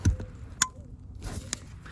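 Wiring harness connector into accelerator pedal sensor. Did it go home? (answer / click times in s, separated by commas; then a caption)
yes / 0.6 s. While a Volvo XC60 / XC90 II (SPA) accelerator pedal is being refitted, the wiring harness's plastic electrical connector is pushed onto the pedal sensor until it locks. A sharp, bright click at 0.6 s marks it locking properly in place, with a softer knock near the start and another sharp tap at 1.5 s.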